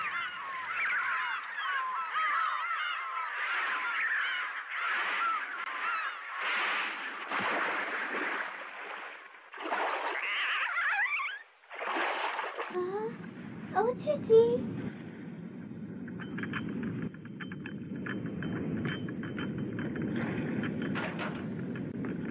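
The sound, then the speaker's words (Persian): A series of honking, wavering calls gives way after about twelve seconds to a steady, low undersea earthquake rumble, a dense droning roar with a few sharp clicks early on, continuing to the end. “بو ملرزه ناوچه زریا و دریاکانی جگری دوا هر وکو ناوچه وشکایکان”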